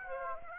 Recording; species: mosquito wingbeat signal from an infrared sensor; Aedes aegypti